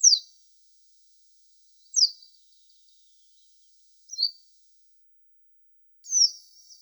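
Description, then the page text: Pine bunting giving four high, thin, sharply down-slurred notes, one about every two seconds, with silence between. Sings trills. "Звук Белошапочная овсянка поет трели"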